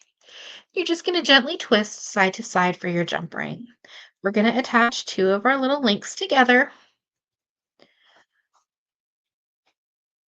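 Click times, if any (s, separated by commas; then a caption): none. A tiny metal jump ring linking two small jewelry links is handled and twisted gently side to side while someone talks, followed by faint small sounds near 7.8 s. The jump ring, whose ends should click closed to show they are connected and secure, has not clicked or seated yet.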